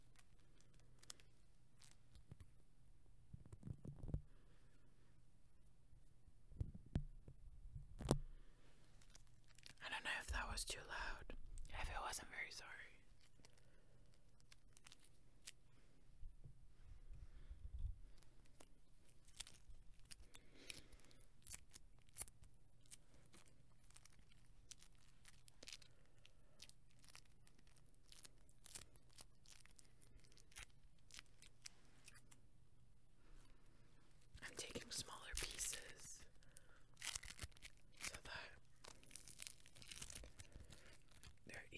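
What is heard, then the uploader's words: Hands squish and press glitter floam and kinetic sand, with crackly bursts around 10 and 35 seconds, scattered clicks, and quieter shuffling between. Playing with Pink Glitter Floam and Kinetic Sand.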